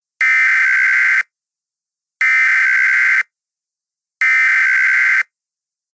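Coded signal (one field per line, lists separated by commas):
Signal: Emergency Alert System (SAME) tones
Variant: header bursts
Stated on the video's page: Fictional EAS scenario, not a real alert.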